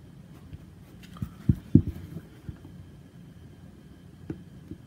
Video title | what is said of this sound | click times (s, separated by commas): Glock Pistols History, Detail Assembly and Machine Pistol | align that up and push through until we hear it click there | 1.8 s